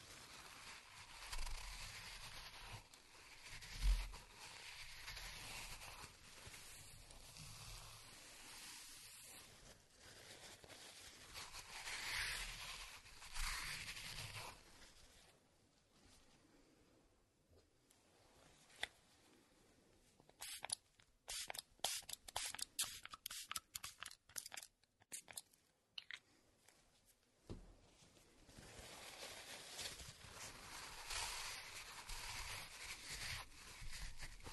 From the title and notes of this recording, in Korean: 호두를 직접 갈아보겠습니다. 손으로 직접 갈아먹는 호두.